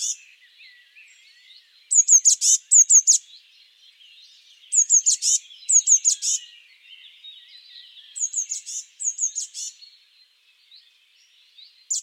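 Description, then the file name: Eurasian blue tit giving clusters of very high, sharp notes in short bursts, repeated a few times with pauses between, over a faint background twitter. "Cyanistes caeruleus"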